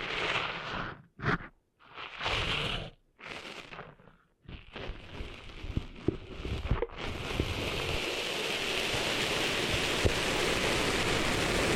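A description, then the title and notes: Cleaning sand out of the ears: short bursts of rough, hissing rustle come and go over the first seven seconds, separated by near silences and scattered small clicks. After about seven seconds the scratchy hiss turns continuous and dense, holding steady to the end. ASMR Cleaning Sand Out of Your Ears (No Talking).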